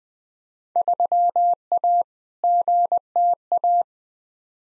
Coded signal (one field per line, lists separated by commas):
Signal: Morse code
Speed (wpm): 21 wpm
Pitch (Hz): 700 Hz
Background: none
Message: 3A GTA